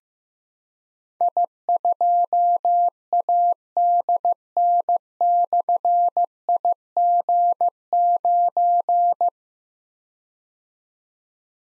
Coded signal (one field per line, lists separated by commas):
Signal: Morse code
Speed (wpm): 15 wpm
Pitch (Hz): 700 Hz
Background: none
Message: I2ADN/IG9